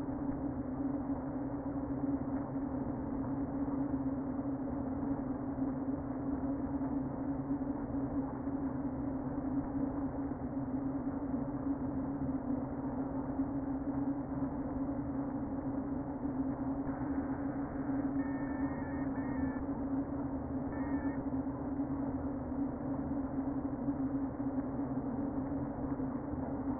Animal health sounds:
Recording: honeybee colony, microphone inside the hive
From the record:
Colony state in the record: queen present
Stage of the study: before two queens were removed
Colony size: about 60,000 bees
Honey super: yes

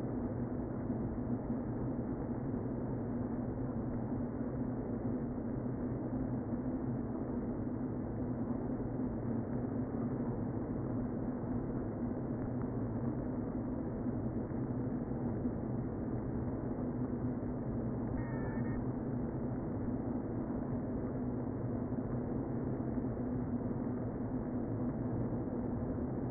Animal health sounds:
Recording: honeybee colony, microphone inside the hive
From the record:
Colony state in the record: queen present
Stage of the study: before two queens were removed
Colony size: about 60,000 bees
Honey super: yes

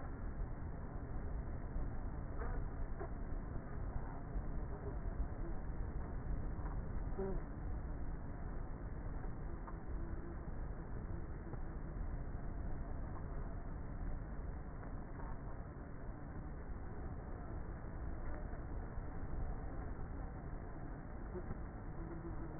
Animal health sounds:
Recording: honeybee colony, microphone inside the hive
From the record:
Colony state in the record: queenless with a low population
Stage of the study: before two queens were removed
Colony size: about 30,000 bees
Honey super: no

